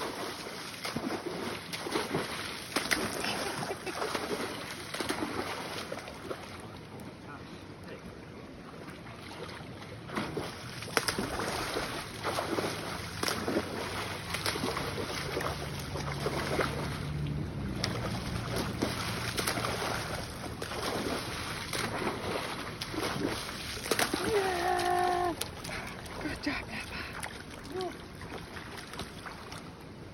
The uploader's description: German Shepard having fun in the river and loving it